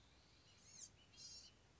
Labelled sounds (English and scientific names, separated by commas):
Blue-gray Gnatcatcher (Polioptila caerulea)